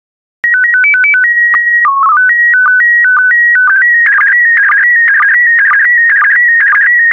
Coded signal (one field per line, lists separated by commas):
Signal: SSTV (slow-scan television)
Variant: PD 120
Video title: 16067 Rural Africa SSTV PD120